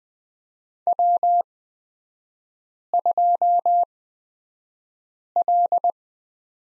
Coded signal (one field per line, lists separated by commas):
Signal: Morse code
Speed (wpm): 20 wpm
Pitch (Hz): 700 Hz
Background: none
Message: W2L